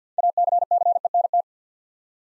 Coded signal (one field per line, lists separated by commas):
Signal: Morse code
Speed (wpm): 52 wpm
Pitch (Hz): 700 Hz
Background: none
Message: ACCENT